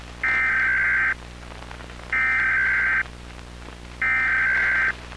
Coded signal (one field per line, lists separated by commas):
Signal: Emergency Alert System (SAME) tones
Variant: header bursts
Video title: 21 New EAS Alarm Requested By @marthaLM7391